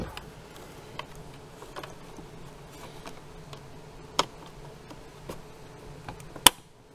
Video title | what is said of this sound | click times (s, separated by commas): Kicker 8 Speaker Plug & Play Upgrade Bundle Install - 2010 - 2023 Toyota 4Runner | All right, snapped into place. | 4.2 s, 6.5 s